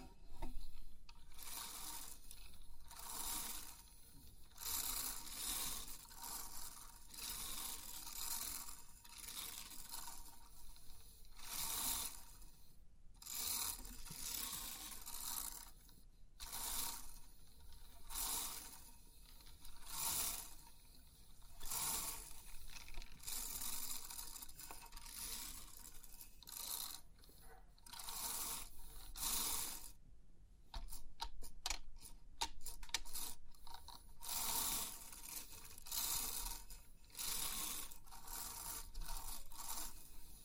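Pins of a 3D pin art toy are pushed and brushed, making crisp, bright scraping and rattling strokes that come in quick repeated bursts with short gaps. Around the thirty-second mark the sound turns into a run of fast, separate clicks before the strokes return.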